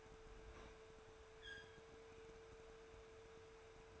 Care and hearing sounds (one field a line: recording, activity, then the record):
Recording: daily activity, microphone in the room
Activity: open fridge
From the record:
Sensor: 2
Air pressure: 1014.8 hPa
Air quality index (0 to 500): 196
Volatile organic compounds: 17 ppm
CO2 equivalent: 2592 ppm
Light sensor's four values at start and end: 17/42/18/19 and 18/45/19/21